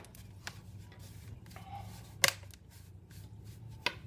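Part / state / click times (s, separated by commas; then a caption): plastic screen bezel clips into laptop lid / seated / 0.5 s, 2.2 s, 3.9 s. A plastic screen bezel on an Acer Chromebook 15" laptop is pressed around its edge so its clips snap into the laptop lid. Sharp clicks sound at 0.5, 2.2 and 3.9 seconds over a low, steady background hum. The bezel clips are seated.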